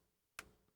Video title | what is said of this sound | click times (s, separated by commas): The Sigma 24-70mm f2.8 DG DN mark II made me save a lot of money | it will unlock automatically | 0.4 s